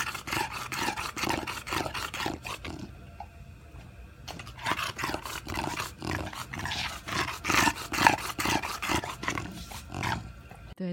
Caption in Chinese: 有的时候在狗狗在喘气的时候，你会听到以下的这个声音。 它其实跟刚刚那个软组织在震动的那个声音是不一样，打呼的声音是不一样的。 这个声音，它是软腭阻塞在气道的声音，这个在人是不会发生的。